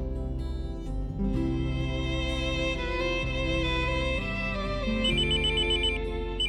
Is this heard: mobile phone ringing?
yes